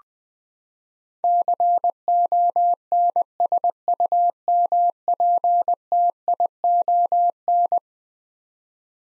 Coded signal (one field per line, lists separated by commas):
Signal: Morse code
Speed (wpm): 20 wpm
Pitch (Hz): 700 Hz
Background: none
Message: CONSUMPTION